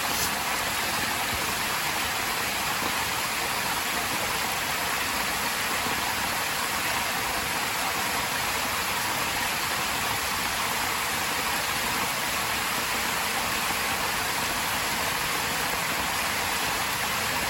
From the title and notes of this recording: Rain In The Trees.